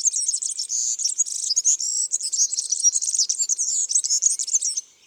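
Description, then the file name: European serin song, a fast, high-pitched jingling stream of buzzy, tinkling notes running almost without pause for nearly five seconds, then stopping abruptly. "Serin cini"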